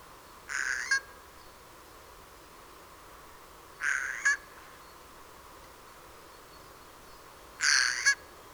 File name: Eichelhäher Gesang